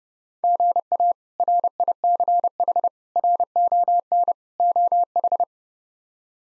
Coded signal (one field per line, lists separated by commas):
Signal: Morse code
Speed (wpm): 30 wpm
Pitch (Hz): 700 Hz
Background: none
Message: GA RICH RON OH